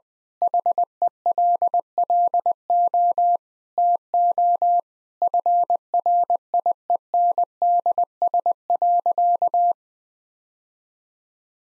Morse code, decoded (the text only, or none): HELLO TO FRIENDS.